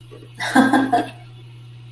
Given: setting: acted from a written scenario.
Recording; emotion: vocal sound without words; amusement